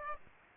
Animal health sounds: mosquito wingbeat signal from an infrared sensor; Aedes aegypti

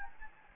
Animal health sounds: mosquito wingbeat signal from an infrared sensor; Anopheles gambiae

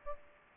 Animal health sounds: mosquito wingbeat signal from an infrared sensor; Aedes aegypti

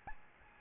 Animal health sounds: mosquito wingbeat signal from an infrared sensor; Aedes albopictus

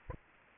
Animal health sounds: mosquito wingbeat signal from an infrared sensor; Aedes aegypti

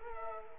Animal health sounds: mosquito wingbeat signal from an infrared sensor; Culex quinquefasciatus

